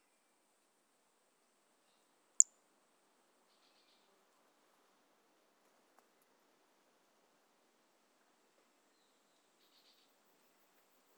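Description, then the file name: Pumpkin toadlet call: a single sharp, high click-like note stands alone against near silence, with one much fainter tick a few seconds later. Individual 04, recorded 18 January 2018; specimen collected. "Brachycephalus mirissimus 18 jan 2018 individual 04 ex 04 A E Confetti collected MHNCI 10795"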